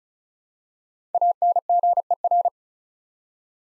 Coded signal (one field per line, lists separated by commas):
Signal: Morse code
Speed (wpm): 36 wpm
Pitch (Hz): 700 Hz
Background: none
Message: ANGER